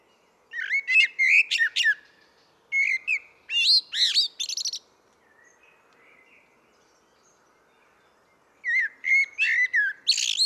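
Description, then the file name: Common blackbird singing three phrases of warbled whistles mixed with squeaky high notes, separated by pauses. "Turdus merula"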